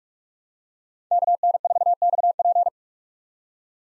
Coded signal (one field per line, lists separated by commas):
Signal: Morse code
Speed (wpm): 46 wpm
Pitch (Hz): 700 Hz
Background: none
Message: KN4XP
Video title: 2023 POTA Hunter Call Signs - 45wpm